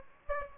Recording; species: mosquito wingbeat signal from an infrared sensor; Aedes aegypti